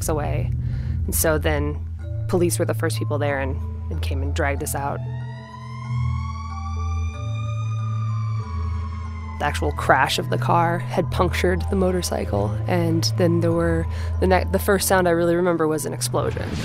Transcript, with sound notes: And so then police were the first people there and they came and dragged us out.
(SOUNDBITE OF AMBULANCE SIREN)
The actual crash of the car had punctured the motorcycle. And then there were - the first sound I really remember was an explosion